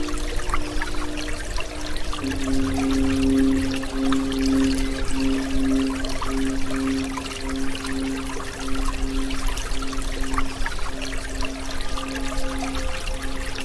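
Running water trickles and pours steadily throughout, a dense, even wash. Sustained singing-bowl tones ring over it, with a low steady drone swelling in around two seconds and strongest until about eight, then lingering more softly alongside a faint higher tone.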